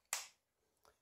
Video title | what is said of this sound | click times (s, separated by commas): NEW VSGO Product is THE LAST CAMERA AND LENS AIR BLOWER YOU'LL EVER NEED! | slides in locks in place | 0.1 s